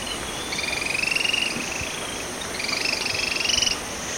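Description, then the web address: Yellow tyrannulet calling: two dry, rapidly pulsed trills about a second long, separated by a short pause. Recorded in Ecuador. "Birds of Ecuador. Yellow Tyrannulet"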